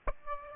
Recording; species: mosquito wingbeat signal from an infrared sensor; Aedes aegypti